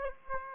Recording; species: mosquito wingbeat signal from an infrared sensor; Aedes aegypti